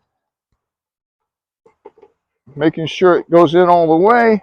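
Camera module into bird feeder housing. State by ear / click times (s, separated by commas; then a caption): not seated / none. A camera module is lined up and slid onto a bird feeder housing, giving a few faint, brief handling sounds around 1.7 to 2.0 seconds. Then someone talks. The module has not been pushed fully home or clicked in yet.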